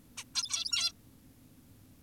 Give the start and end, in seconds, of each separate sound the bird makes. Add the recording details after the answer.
0.17-0.24, 0.35-0.92. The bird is an adult. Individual g17y2U